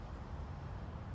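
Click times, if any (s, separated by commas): none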